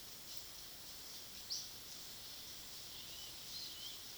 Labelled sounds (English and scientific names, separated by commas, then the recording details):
Roadside Hawk (Rupornis magnirostris)
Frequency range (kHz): Roadside Hawk (Rupornis magnirostris) 2.1-4.3 kHz
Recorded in pastures near Puerto Asís, Putumayo, Colombia, on 21 February 2024 at 17:00
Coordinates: 0.497, -76.327
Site G7276